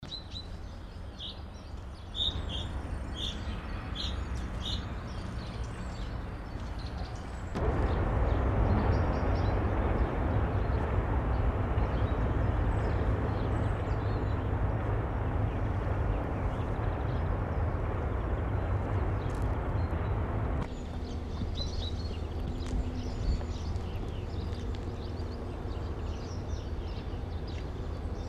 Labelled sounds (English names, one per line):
Common Chaffinch song